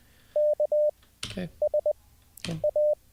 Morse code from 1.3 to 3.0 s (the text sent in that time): S A